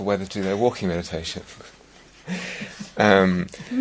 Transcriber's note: laughs